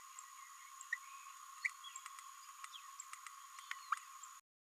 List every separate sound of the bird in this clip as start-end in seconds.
0.92-0.97